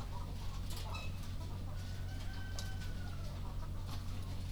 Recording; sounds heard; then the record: poultry house recording; sick chickens (respiratory disease)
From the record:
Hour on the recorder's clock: 0